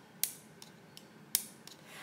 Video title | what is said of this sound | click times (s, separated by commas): How to take your measurements and body fat percentage | say you hear it snap right it makes a little cookie noise there you go see watch ok | 0.2 s, 1.3 s